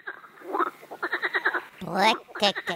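A frog croaks in a quick, regular series of throaty pulses, followed by a louder, rising, rasping call and a few more short croaks, with no talking.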